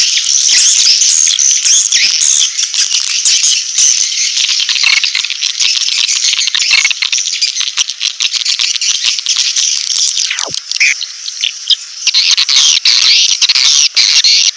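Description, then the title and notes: Swiftlet in a continuous high, hissing twitter, packed with quick clicks and chirps, with one brief falling sweep later on. Swiftlet farming lure sound, Asia. "Swiflet Bird Sound. Farming Swiflet Bird asia sound"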